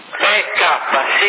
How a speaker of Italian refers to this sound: Ti sento, infatti l'eco mi sembra un po' più intenso del normale, quindi è quello perché hai cambiato il microfono.